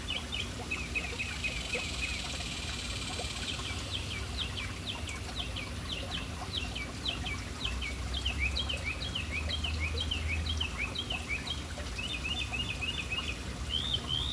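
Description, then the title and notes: Birds chattering in busy, repeated high chirps and upward flicks throughout, set against a continuous rumble of running water. City birds hanging around a fountain in an urban setting. "Urban birds at fountain. Relaxing sounds of City Birds hanging around fountain"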